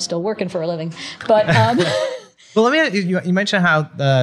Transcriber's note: chuckle